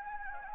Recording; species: mosquito wingbeat signal from an infrared sensor; Anopheles gambiae